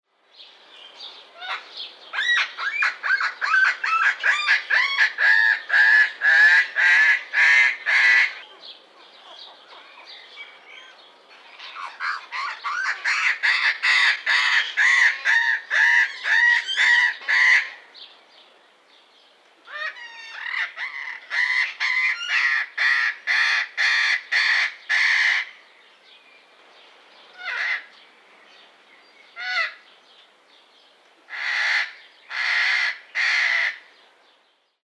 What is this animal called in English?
Eclectus Parrot